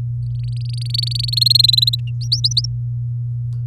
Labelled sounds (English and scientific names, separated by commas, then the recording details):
Domestic Canary (Serinus canaria) song
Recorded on 4 May 2018 at 05:47
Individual llb16